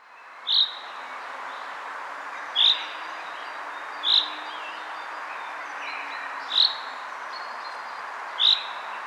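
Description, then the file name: Common chaffinch repeating a short, sharp high call note roughly every two seconds, five notes in all, with a continuous hiss underneath. "Fringilla coelebs"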